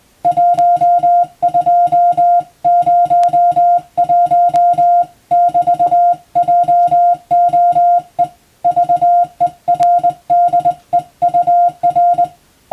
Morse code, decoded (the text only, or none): 1201<BT>JOE VERDEUR